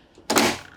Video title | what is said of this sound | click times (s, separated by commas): E18 Error Bosch Washing Machine Fix | and it snaps into place | 0.3 s